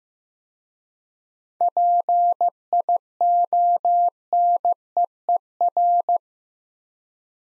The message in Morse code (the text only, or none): PIONEER